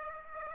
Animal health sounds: mosquito wingbeat signal from an infrared sensor; Aedes aegypti

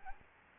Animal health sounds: mosquito wingbeat signal from an infrared sensor; Anopheles gambiae

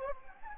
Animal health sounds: mosquito wingbeat signal from an infrared sensor; Anopheles gambiae

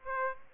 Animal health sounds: mosquito wingbeat signal from an infrared sensor; Aedes aegypti

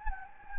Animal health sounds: mosquito wingbeat signal from an infrared sensor; Anopheles gambiae

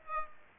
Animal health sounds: mosquito wingbeat signal from an infrared sensor; Aedes aegypti

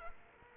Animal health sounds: mosquito wingbeat signal from an infrared sensor; Culex quinquefasciatus

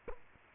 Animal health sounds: mosquito wingbeat signal from an infrared sensor; Culex quinquefasciatus

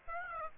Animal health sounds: mosquito wingbeat signal from an infrared sensor; Aedes aegypti

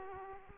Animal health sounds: mosquito wingbeat signal from an infrared sensor; Aedes aegypti

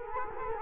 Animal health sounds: mosquito wingbeat signal from an infrared sensor; Culex quinquefasciatus

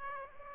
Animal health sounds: mosquito wingbeat signal from an infrared sensor; Aedes aegypti

